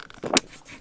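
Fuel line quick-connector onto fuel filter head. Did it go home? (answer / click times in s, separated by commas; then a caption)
yes / 0.4 s. On a 2003–2009 Jaguar X-Type 2.0D TDCi, the blue fuel line quick-connector is pushed down onto the fuel filter head of a new diesel fuel filter. A low scraping push begins around 0.2 s and ends in a sharp, bright click at 0.4 s, followed by quiet. The connector is seated on the filter.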